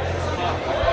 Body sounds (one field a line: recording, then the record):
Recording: background sound without coughing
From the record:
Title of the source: CITY SOUNDS Busy Bar in the Evening Night - 2 HOURS of Ambiance for Relaxation